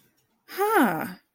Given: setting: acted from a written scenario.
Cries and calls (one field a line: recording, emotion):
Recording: vocal sound without words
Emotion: realization